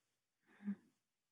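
A single brief, low, fluttering snore from a sleeping dog named Zeke, lasting about half a second in a quiet room.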